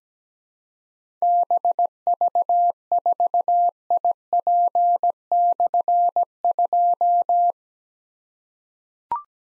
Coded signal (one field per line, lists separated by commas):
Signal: Morse code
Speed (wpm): 17 wpm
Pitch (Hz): 700 Hz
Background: none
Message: BV4IP/2